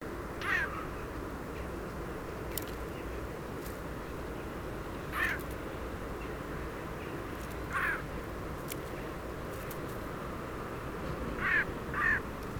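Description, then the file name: Eurasian jay uttering scattered short rasping screeches, single and paired, spaced several seconds apart above a constant low rumble with occasional clicks. "Garrulus glandarius"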